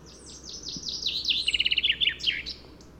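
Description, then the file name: Common chaffinch song: a run of bright falling notes leading into a clipped trill and ending in a short flourish, over quiet low background noise. "Fringilla coelebs"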